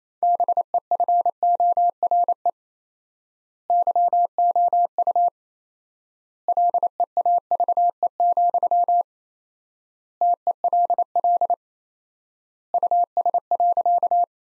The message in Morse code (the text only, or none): BEFORE YOU LEAVE, TELL US.